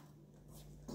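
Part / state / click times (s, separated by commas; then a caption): plywood model piece into a book-nook frame / not seated / none. A plywood model piece is pushed by hand toward its slot in a book-nook frame, giving soft handling rustles over a steady low hum, with a brief brighter scrape near 0.9 s. The wooden part is meant to seat firmly, but nothing has seated or clicked yet when the clip ends.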